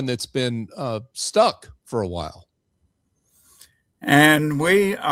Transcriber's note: none